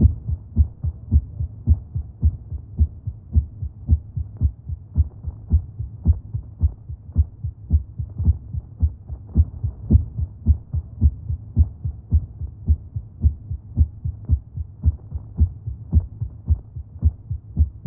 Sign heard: Human Heartbeat Fast.